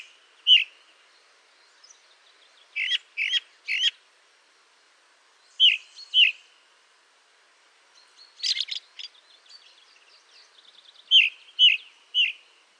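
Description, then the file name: Ring ouzel alternating loud downslurred piping notes in small groups with a brief harsh chattering burst midway, against a quiet background. "DROZDOBROZNY"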